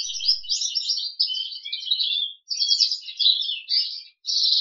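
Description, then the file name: Crested canary song in short bursts of high rolling trills and buzzy warbles, separated by brief gaps, ending on a steady buzzing trill. "audio kenari jambul"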